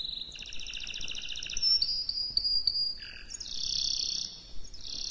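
Canary song with a quick trill, a run of short repeated whistled notes, a lower buzzy phrase, then a bright high warble.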